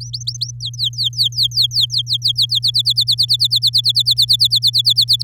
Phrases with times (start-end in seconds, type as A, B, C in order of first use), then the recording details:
0.00-0.51 A, 0.60-2.59 B, 2.62-5.23 C. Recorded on 11 May 2018 at 08:11. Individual llb16